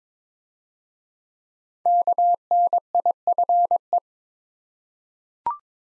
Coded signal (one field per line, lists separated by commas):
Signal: Morse code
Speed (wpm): 22 wpm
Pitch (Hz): 700 Hz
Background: none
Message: KNIFE